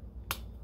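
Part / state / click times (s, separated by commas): spark plug boot onto spark plug of a motorcycle engine / seated / 0.3 s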